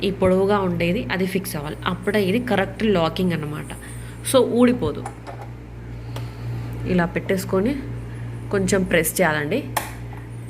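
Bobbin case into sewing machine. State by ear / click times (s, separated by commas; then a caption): seated / 6.2 s. A bobbin case, a plastic or metal part, is set into a SINGER Tradition 2250 sewing machine with its long tab lined up in a small gap, then pressed gently while someone talks over a steady low hum. A short, sharp tick at 6.2 s marks the bobbin case locking in place, so it is seated and will not come loose.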